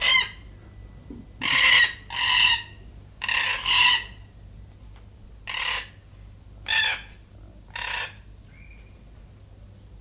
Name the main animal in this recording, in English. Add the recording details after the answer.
Red-tailed Black Cockatoo. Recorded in captivity. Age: adult. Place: Zoo Berlin, Berlin, DE. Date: 2008-08-18. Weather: bedeckt, ca. 22°C. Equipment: Sony WM-D6C, Sennheiser ME 80, Kopie Uher 4000 Report Monitor. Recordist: Tembrock, Günter. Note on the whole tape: Banks-Rabenkakadu (C.banksii): zwei Exemplare (Geschlecht ?): Laute